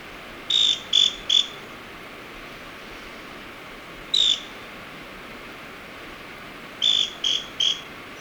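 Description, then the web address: Scale-crested pygmy-tyrant: a quick triplet of dry buzzy notes, a single note a few seconds later, then another triplet, over steady low background hiss. Recorded in Ecuador. "Birds of Ecuador 3. Scale-Crested Pygmy-Tyrant"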